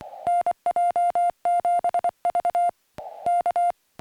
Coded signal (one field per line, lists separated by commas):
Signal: Morse code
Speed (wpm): 24 wpm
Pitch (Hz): 700 Hz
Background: music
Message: NJ7V K